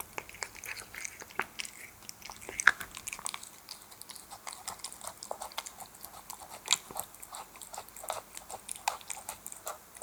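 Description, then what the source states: Cat eating: wet smacking and chewing clicks come in irregular bursts, with a few sharper snaps, over a faint steady background. Domestic cat eating wet food.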